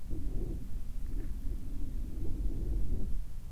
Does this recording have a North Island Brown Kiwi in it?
no